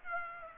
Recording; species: mosquito wingbeat signal from an infrared sensor; Aedes aegypti